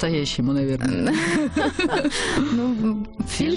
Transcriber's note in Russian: все смеются